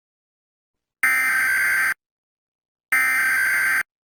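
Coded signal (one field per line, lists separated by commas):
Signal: Emergency Alert System (SAME) tones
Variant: header bursts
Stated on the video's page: Fictional scenario alert, not a real broadcast.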